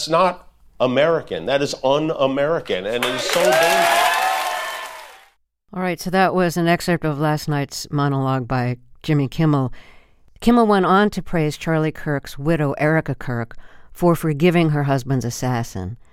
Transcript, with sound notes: That's not American. That is un-American. And it is so dangerous.
(CHEERING)
All right, so that was an excerpt of last night's monologue by Jimmy Kimmel. Kimmel went on to praise Charlie Kirk's widow, Erika Kirk, for forgiving her husband's assassin.